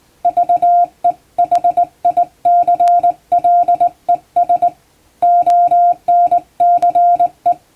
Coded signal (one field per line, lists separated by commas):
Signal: Morse code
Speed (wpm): 20 wpm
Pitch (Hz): 700 Hz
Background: music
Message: VEHICLES ONCE